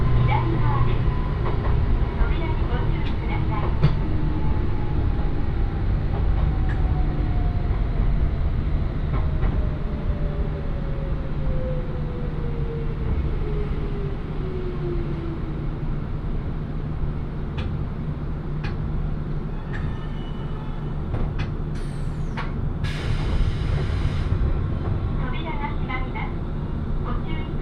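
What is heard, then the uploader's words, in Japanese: A train ride on a railway journey: a steady, heavy low rumble runs throughout. A motor whine slides gradually downward over the first fifteen seconds as the train slows, with scattered clicks and rattles and a brief hissing burst near twenty-two seconds. 鉄道旅 汐見橋→岸里玉出→なんば→大物。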